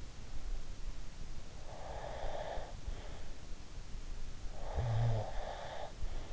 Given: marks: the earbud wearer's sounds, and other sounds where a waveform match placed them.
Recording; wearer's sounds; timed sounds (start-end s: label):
sounds in sleep by an in-ear microphone; breath, snoring breath
1.71-3.27 s: breath
4.43-6.27 s: snoring breath